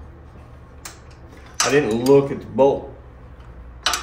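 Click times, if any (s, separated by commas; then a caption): 3.9 s. A steel axle bolt is pushed through the wheel hub and swingarm while a custom rear wheel is installed on a 2022 Street Bob; the bolt is tight and hard to push in but not cross-threaded. Someone talks over a faint tick at 0.9 s, then a single sharp knock at 3.9 s marks the axle going home, seated in place.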